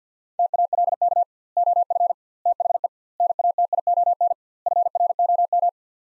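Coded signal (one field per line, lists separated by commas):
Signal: Morse code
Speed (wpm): 50 wpm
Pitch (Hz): 700 Hz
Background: none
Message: TALK OF THE NATION FROM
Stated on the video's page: Morse practice with sets of five words at 50 wpm using 2x word spacing, a word-based method similar to Farnsworth.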